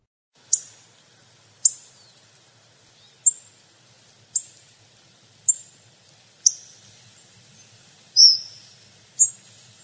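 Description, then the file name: Hawfinch calls: abrupt, very high clicking 'tsik' notes spaced roughly one second apart, with one slightly longer, lower note near the end. "Frosone"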